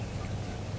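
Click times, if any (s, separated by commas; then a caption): none. A plastic control horn and its backing plate are handled and pressed toward the foam control surface of an Aerobeez Stinger RC flying wing. Only a steady low rumbling handling noise is heard, with no sharp click, and nothing has seated or clicked yet.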